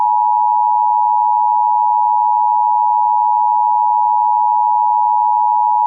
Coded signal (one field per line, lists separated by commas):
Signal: Emergency Alert System (SAME) tones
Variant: 853 and 960 Hz attention tone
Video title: EAS Reenactment Mock: SVR for Jim Hogg, TX and Zapata, TX (w/ IPAWS & EMnet) - 05/03/2019